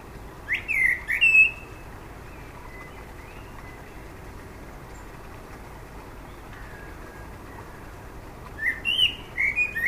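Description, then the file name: Common blackbird song: a short burst of mellow fluty notes with high squeaks, a long quiet gap with a faint whistle, then another warbled phrase near the end. "Turdus merula"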